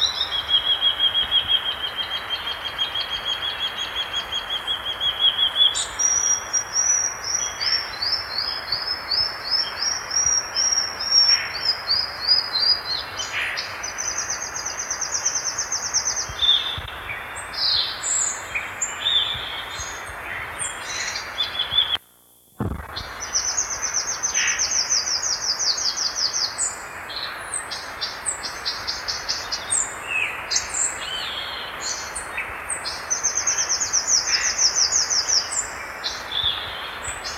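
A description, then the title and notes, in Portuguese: A violaceous euphonia sings a long, rambling song of high, bright chirps and warbled phrases, delivered almost without pause. Behind it runs a steady hiss of background noise. Around 22 seconds there is a brief total silence, and then the song resumes. Canto de Pássaros. Canto do Gaturamo verdadeiro. Pássaro Registrado em Gaspar SC.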